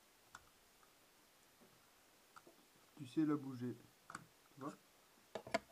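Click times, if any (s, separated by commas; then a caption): 5.6 s. During disassembly of a G&G SCAR L airsoft rifle, the hop-up chamber is moved inside the receiver while someone talks. A few faint ticks lead up to a small, sharp click at 5.6 s, and that click releases the chamber so it can come out.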